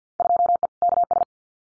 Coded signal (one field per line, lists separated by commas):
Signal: Morse code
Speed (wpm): 50 wpm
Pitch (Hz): 700 Hz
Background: none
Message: 2E KS